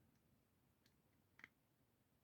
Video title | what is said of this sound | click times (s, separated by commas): VIOFO A139 3 Channel Dash Cam Installation - on Honda Passport, (Pilot, Ridgeline, & Odyssey) | you will hear a click | 1.4 s